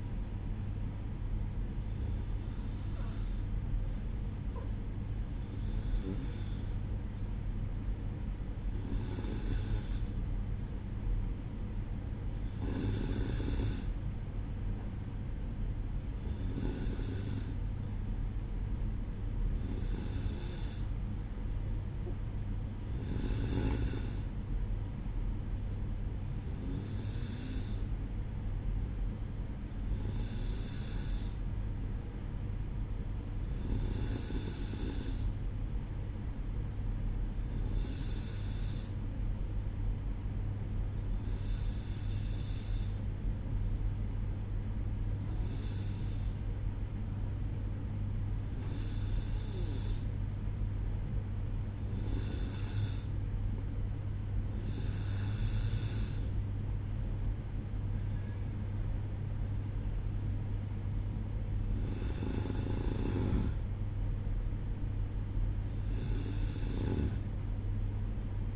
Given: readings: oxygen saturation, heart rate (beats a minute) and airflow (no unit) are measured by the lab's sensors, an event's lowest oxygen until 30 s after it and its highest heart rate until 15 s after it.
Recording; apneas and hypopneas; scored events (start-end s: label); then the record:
breathing in sleep by a smartphone at the bedside; none
none scored
From the record:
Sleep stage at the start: N2 (light sleep); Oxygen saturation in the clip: 92 to 94%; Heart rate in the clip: 61 to 66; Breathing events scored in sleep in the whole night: 305 in 9.6 hours asleep